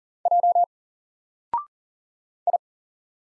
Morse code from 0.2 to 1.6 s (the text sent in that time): J